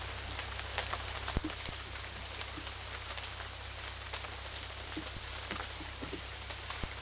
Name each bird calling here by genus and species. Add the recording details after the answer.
none. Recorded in dense forest near Puerto Asís, Putumayo, Colombia, on 18 February 2024 at 13:30. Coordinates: 0.485, -76.322. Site G6406